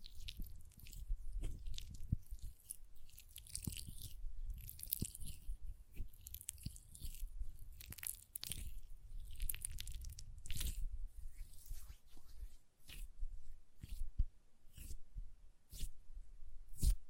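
Hand sounds with lotion: soft, wet rubbing and squishing up to eleven seconds, then sparser crisp taps and clicks about once a second.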